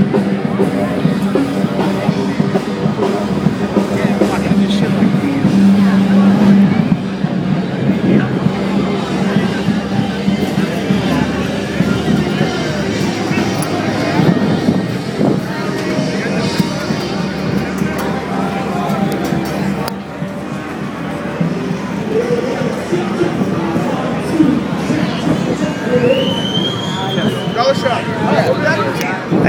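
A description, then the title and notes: A walk along 6th Street during SXSW, with a constant wash of overlapping voices and crowd chatter filling the whole stretch. Traffic rumbles underneath, and brief higher tones and clatters pop up now and then, with a short whistling sweep near the end. A walk #sxsw at 6th street.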